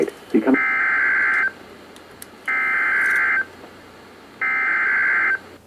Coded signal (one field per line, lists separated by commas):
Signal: Emergency Alert System (SAME) tones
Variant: header bursts